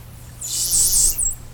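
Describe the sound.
Whale giving a few very high, arching whistles that rise and fall in quick succession over a steady low hum.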